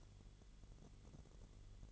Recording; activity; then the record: daily activity, microphone in the room; light off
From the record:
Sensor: 4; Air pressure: 1008.7 hPa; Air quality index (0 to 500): 92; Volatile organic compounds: 1 ppm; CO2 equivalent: 699 ppm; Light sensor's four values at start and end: 12/28/11/11 and 11/26/10/10